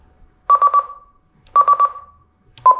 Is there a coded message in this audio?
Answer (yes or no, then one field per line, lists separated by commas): no